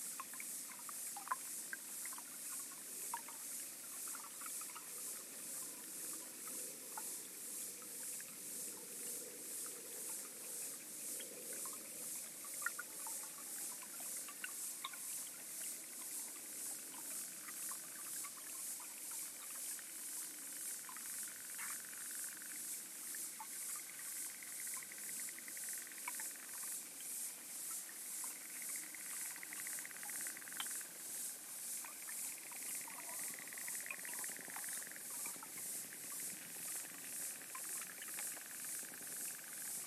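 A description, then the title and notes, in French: Underwater recording from a small pond, filled with a dense, steady fizz of rapid regular ticking pulses. Scattered clicks and short scratchy bursts pop up throughout, and from about 20 seconds faint drawn-out whistling tones come and go. Low sounds are absent. Petit étang. Enregistrement hydrophonique, Parc Jean-Jacques Rousseau (Ermenonville, France). Sound Devices 722; Aquarian Audio H2a-XLR hydrophones.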